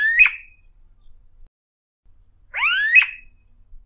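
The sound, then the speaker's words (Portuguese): Two loud, bright calls from a pano-preto bird: a short sharp note, a pause of about two seconds, then a longer rising, rich whistle ending in an abrupt accent. No talking. “Pano Preto também tem o seu lugar nessa lista.”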